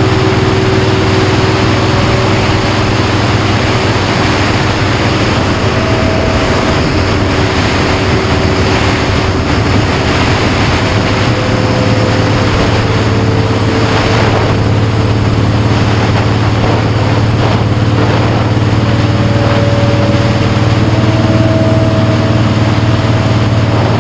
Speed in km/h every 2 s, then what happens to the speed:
68, 66, 64, 64, 61, 63, 60, 64, 61, 64, 66, 63.
0-12 slows to 60.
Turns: none.